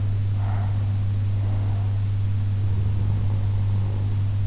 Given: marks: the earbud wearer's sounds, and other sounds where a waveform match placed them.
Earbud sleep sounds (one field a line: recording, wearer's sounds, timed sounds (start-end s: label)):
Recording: sounds in sleep by an in-ear microphone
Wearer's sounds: breath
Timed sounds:
0.20-4.13 s: breath